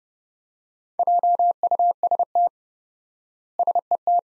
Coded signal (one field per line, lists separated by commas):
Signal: Morse code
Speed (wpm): 30 wpm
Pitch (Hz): 700 Hz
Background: none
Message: JUST SET